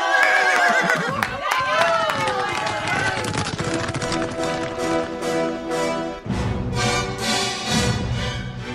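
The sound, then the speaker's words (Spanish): A loud horse whinny rises and falls in pitch at the start, followed by steady, rapid hoofbeats as Pancho Villa's men gallop off on horseback from a hacienda, with shouting voices mixed into the din throughout. “El que quiere unirse, tráigase un caballo y síganos.”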